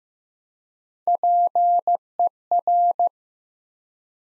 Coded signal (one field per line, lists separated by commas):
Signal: Morse code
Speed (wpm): 15 wpm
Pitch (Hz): 700 Hz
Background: none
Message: PER